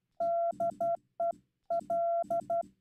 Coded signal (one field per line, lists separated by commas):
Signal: Morse code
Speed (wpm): 12 wpm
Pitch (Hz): 680 Hz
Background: none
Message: DE L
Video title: Humiliating moment Live from Straight Key Night - Slow CW QSO